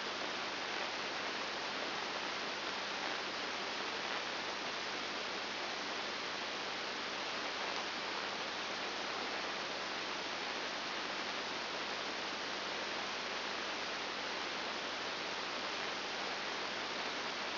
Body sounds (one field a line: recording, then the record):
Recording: brain microelectrode recording played as sound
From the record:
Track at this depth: inside the subthalamic nucleus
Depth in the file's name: 3.502 mm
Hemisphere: left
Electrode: 2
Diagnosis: Parkinson's disease